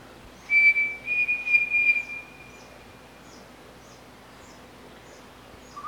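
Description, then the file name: Pavonine Cuckoo sings one phrase of a short whistle and a trembling longer whistle, followed by faint, regularly repeated high chirps in the background. "canto do peixe frito pavonino"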